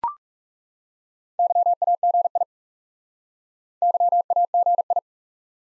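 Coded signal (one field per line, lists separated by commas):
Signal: Morse code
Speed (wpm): 39 wpm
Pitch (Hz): 700 Hz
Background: none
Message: YAGI YAGI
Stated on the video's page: Morse practice of common QSO elements in speed-racing format, starting fast and slowing to 30 wpm base, final repeat at maximum speed.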